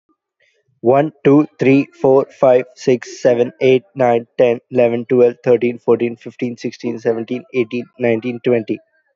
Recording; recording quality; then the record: counting at a fast pace; moderate, slight background noise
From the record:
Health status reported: healthy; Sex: male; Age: 24 years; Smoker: yes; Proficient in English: yes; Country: India